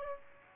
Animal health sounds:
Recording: mosquito wingbeat signal from an infrared sensor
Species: Aedes aegypti

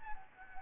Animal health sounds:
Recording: mosquito wingbeat signal from an infrared sensor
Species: Anopheles gambiae

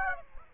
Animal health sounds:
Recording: mosquito wingbeat signal from an infrared sensor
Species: Aedes aegypti

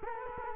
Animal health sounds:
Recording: mosquito wingbeat signal from an infrared sensor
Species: Culex quinquefasciatus

